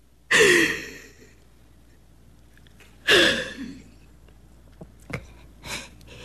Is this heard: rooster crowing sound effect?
no